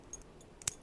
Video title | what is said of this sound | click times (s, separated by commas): You magicians out there may be wondering how to get out of handcuffs. We'll, we've got some tips!!! | you can hear that click right there. | 0.7 s